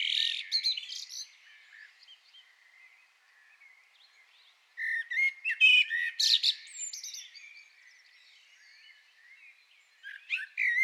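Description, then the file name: Common blackbird phrases: a loud high twitter at the start, a warbled phrase with sharp squeaky notes mid-way, and a brief burst at the end. "Turdus merula"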